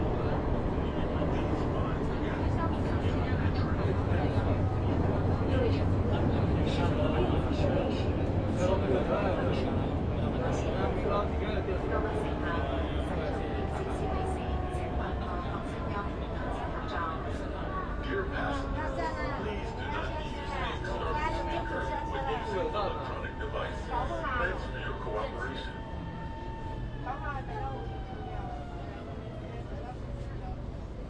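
Metro cooling in Shenzhen gives a steady, dense roar with low rumble, voices murmuring throughout, and drawn-out whining tones sliding after twenty seconds.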